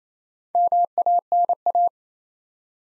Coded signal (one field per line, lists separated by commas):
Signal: Morse code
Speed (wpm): 27 wpm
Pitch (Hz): 700 Hz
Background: none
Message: MANA